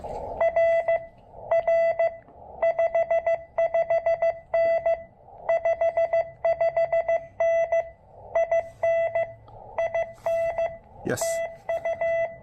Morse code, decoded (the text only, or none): R R 55N 55N IN IN TU